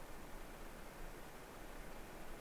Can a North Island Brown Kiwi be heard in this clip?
no